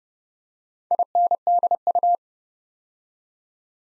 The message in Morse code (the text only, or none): INDU